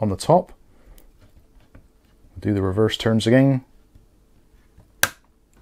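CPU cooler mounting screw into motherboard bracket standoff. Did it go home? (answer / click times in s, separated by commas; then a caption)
yes / 5.0 s. A screwdriver is turned backwards on the CPU cooler's spring-loaded mounting screw over the metal bracket thread, with a very slight amount of pressure on top, while someone talks. At 5.0 s the thread start drops into place with a sharp click, seating the screw into the motherboard bracket standoff.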